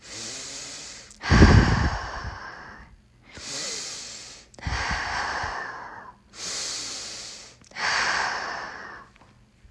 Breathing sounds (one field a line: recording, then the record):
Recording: deep breathing after running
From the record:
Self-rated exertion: vigorous exertion (4 of 6)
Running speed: 6 miles an hour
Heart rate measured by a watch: 108 beats a minute at the start, 101 at the end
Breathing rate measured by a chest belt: 14 breaths a minute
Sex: male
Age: 25 years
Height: 174 cm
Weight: 71 kg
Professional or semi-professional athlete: no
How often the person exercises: 3 to 5 times a week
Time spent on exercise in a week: 2 to 3 hours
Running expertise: no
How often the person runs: 1 to 2 times a week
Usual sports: running, swimming, badminton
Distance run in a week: 8 km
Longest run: 10 km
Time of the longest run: 48 minutes